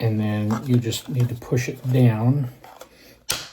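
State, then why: Seated. Someone talks while pushing a 3D-printed plastic part down into the body of a 3D-printed Millennium Falcon model. A sharp snap at 3.3 s marks the part seating in place, though it still has some play.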